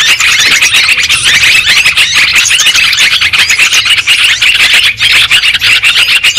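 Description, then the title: Lovebird chatter, a continuous mass of piercing high squeaks and chirps from many birds at once, with no other sounds standing out. Lure sound for trapping lovebirds. "PIKAT BURUNG LOVEBIRD"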